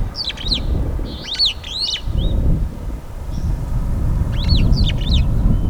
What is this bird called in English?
Superb Starling